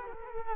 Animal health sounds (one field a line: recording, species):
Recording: mosquito wingbeat signal from an infrared sensor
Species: Culex quinquefasciatus